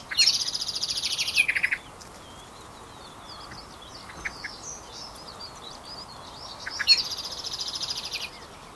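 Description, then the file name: Eurasian blackbird giving fast, high chattering bursts at the start and again near the end, with faint scratchy notes between, over a steady hiss of background noise. "Turdus merula"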